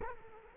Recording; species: mosquito wingbeat signal from an infrared sensor; Culex quinquefasciatus